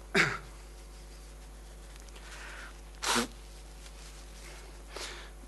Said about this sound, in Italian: Scusatemi, devo soffiare il naso.